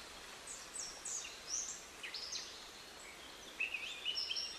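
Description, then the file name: Eurasian blackcap: scattered short, high warbled notes and chirps over a steady background hiss. "Sylvia atricapilla"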